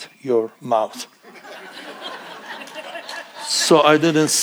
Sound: congregation laughing